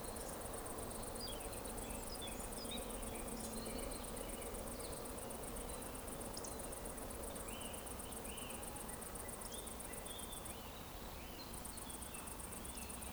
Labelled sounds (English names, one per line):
Eurasian Woodcock whistle